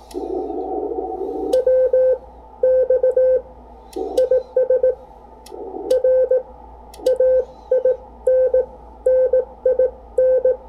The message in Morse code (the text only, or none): WX IS RAIN NIN